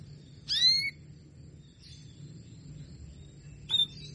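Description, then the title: Canary calls: a strong rising, ringing note at the start and a short sharp chirp near the end, quiet hum between. Female canary sounds, Belgian canary, played to stimulate and warm up lazy males so they sing frequently. "Canto Para Esquentar Canário Belga. SUARA KENARI BETINA AMPUH memancing jantan malas bunyi kenari paud jadi gacor"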